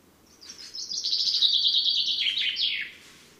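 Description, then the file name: Common chaffinch delivering one descending trill of crisp notes that ends in a quick falling flourish, with quiet background. "Fringilla coelebs"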